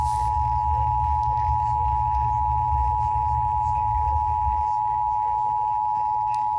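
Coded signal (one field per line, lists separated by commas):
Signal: Emergency Alert System (SAME) tones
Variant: 853 and 960 Hz attention tone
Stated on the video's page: Required weekly tests and a relayed alert from several stations.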